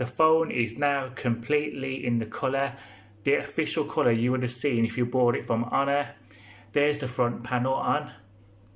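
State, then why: Not seated. A plastic front face panel of a case for an Honor Magic V3 folding phone is handled around the phone while someone talks throughout. Nothing has seated or clicked yet; the clip ends just before the panel goes home.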